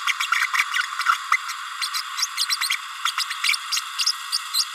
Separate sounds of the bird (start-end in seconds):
0.06-0.13, 0.71-0.87, 0.99-1.03, 1.05-1.17, 1.31-1.36, 1.81-1.88, 2.18-2.26, 2.37-2.46, 2.48-2.56, 2.60-2.69, 3.05-3.11, 3.17-3.24, 3.43-3.56, 3.71-3.80, 3.98-4.05, 4.32-4.38, 4.53-4.64